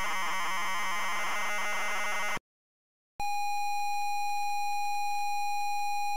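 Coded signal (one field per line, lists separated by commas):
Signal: ZX Spectrum tape loading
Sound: two seconds of harsh buzzing data, a short silence, then a steady buzzy lead tone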